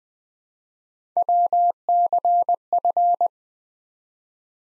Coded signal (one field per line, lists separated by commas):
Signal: Morse code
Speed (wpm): 20 wpm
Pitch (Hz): 700 Hz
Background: none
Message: WCF